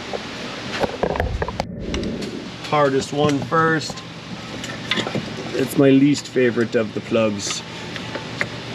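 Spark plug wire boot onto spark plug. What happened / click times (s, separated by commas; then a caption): The spark plug boot snapped onto the plug / 8.4 s. A spark plug wire boot is pushed onto the hardest-to-reach spark plug of the 5.3 V8 engine in a 2000 Silverado 1500, during work on a P0300 misfire. Someone talks while scattered knocks and handling sounds are heard. The boot snaps on and is seated with a sharp click at 8.4 s.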